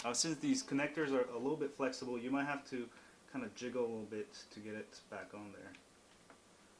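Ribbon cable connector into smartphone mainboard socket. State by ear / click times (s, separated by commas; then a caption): seated / 6.3 s. During reassembly of a Samsung Galaxy Note 2 after a drop test repair, a flexible ribbon cable connector is jiggled into place and pressed onto its socket on the smartphone mainboard while someone talks. A faint, short snap at 6.3 s marks the connector seating onto the board.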